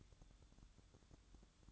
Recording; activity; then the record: daily activity, microphone in the room; light off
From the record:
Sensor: 3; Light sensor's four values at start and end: 17/47/20/17 and 9/21/8/8